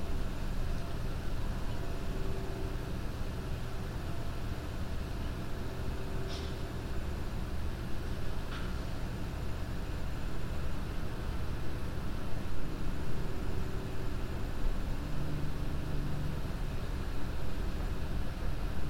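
Outdoors in a backyard, a steady low rumble of traffic fills the air without letup. Faint brief clicks or ticks stand out around six and eight seconds, and a soft low hum drifts in near the end.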